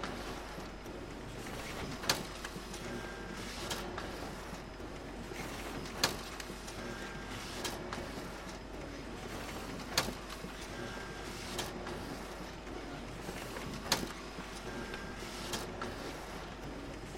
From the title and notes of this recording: As I am getting ready to proof-read a compendium I have been working on, the printer is doing what it does best.